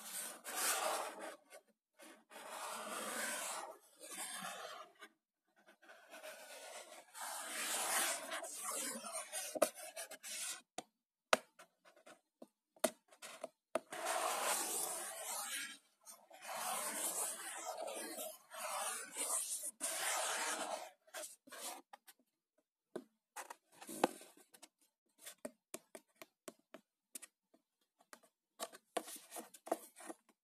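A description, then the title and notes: Cardboard box sounds: bursts of scraping and rubbing, some lasting a few seconds, broken by short taps, knocks and brief silences throughout. ASMR - Cardboard box sounds.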